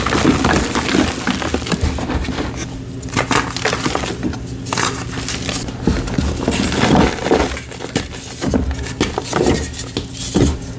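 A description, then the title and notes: Gym chalk being crushed and worked, with dense, irregular scraping, crunching and tapping that never stops for long. Sharper clicks and knocks break through every second or so, some bright, over a low steady hum underneath. Crushing black gym chalk blocks and reforms, plus the full reforming process, including paste mixing.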